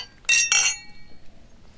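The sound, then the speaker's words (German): Glasses clink together in a toast, two bright ringing chinks in quick succession, each with a short shimmering high tone that fades into quiet. “Auf euch. Prost. Cheers. Auf die Nacht.”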